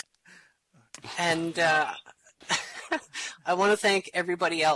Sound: laughter